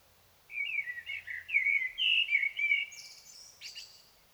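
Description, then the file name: Common blackbird song phrase: rich, mellow whistled warbling rising and falling, finished by a short, high, squeaky flourish. "Turdus merula"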